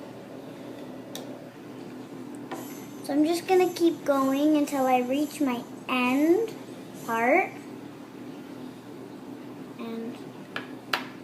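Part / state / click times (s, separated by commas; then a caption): rubber loom band onto plastic loom peg / seated / 10.9 s. A rubber loom band is fitted onto a peg of a plastic loom at the end part of a bracelet while someone talks. A few faint ticks sound after the talking stops, then a sharp click at 10.9 s shows the band is fully attached to the peg.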